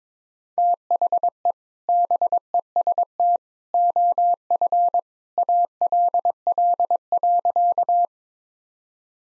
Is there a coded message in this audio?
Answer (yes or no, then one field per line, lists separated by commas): yes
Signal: Morse code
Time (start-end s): 0.6-8.1 s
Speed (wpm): 22 wpm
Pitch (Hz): 700 Hz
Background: none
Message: THE BEST OF ALL.